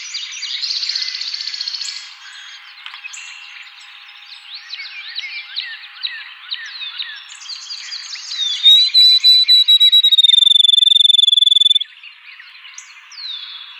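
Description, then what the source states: Field sparrow sings a whistled series that accelerates into a quick trill, gently dropping in pitch, lasting about three seconds, while many other birds chirp and twitter before and after. Recorded in 2007.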